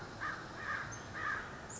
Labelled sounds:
American Crow

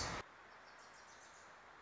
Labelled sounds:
Wilson's Warbler

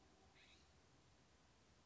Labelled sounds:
California Scrub-Jay

